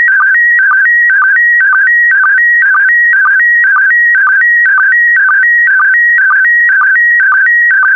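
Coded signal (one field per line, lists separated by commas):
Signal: SSTV (slow-scan television)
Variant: PD120 mode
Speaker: complete you can now check your decoded image against the picture that is shown on the video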